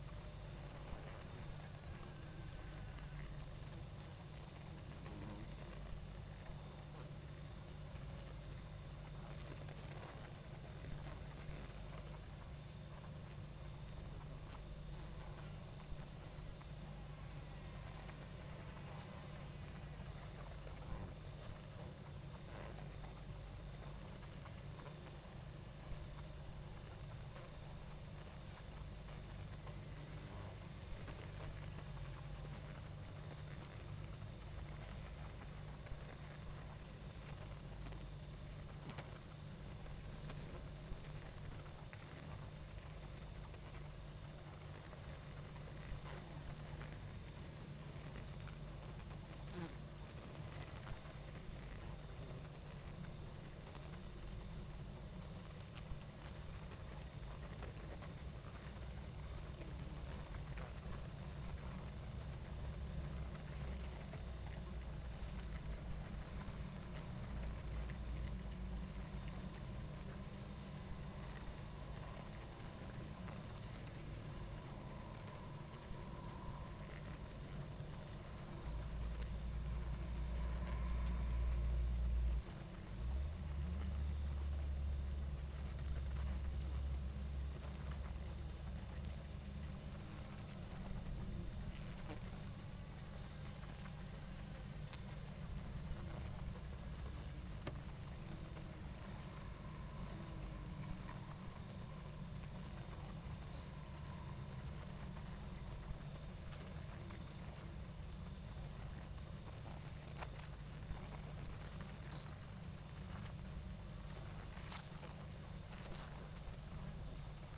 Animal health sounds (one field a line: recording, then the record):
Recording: honeybee colony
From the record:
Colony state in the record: active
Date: 28 July 2017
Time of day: 20:12